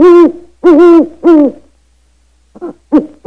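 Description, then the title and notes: Bird hooting calls: three loud, drawn-out hoots, then after a pause several shorter clipped hoots, over a low steady hum. Indonesian birdsong. "Kumpulan Kicau Burung Indonesia"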